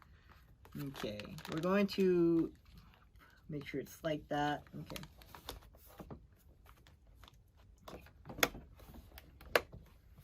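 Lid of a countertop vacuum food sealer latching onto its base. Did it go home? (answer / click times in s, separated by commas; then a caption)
yes / 8.4 s, 9.6 s. Someone talks while placing a bag of chili peppers in a POTANE Pro 8-in-1 countertop vacuum food sealer. They then press the lid down on both sides onto its base. The lid latches with two sharp clicks at 8.4 s and 9.6 s and is locked in place.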